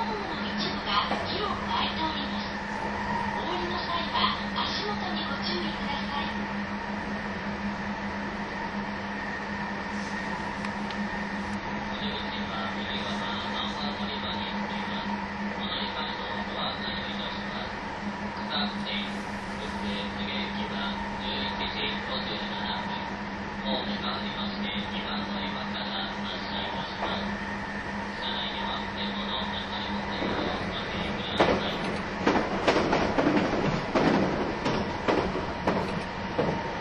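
A train runs steadily, with a constant low hum and a droning tone held through most of the clip. Faint voices come and go in the background. Around thirty seconds the sound grows louder and rougher, with clattering bursts toward the end.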